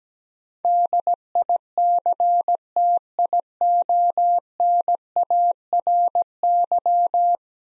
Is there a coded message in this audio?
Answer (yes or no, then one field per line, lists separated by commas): yes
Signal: Morse code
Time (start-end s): 0.6-7.4 s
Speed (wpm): 17 wpm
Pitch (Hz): 700 Hz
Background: none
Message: DICTIONARY